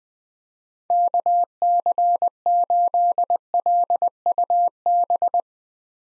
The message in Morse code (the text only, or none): KC8LUB